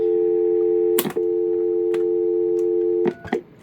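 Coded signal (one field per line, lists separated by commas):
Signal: telephone call progress tone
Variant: North America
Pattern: dial tone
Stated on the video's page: Western Electric 3568 Autovon telephone with 4A speakerphone, operational test.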